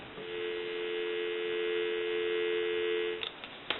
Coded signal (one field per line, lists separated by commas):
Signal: telephone call progress tone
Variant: North America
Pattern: dial tone